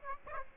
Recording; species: mosquito wingbeat signal from an infrared sensor; Aedes aegypti